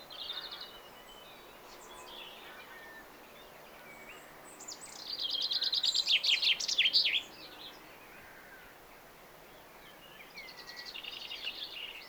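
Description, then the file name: Common chaffinch song: a rapid run of repeated notes ending with a flourish, a quieter phrase at the end, over steady background hiss and bird calls. "Fringilla coelebs"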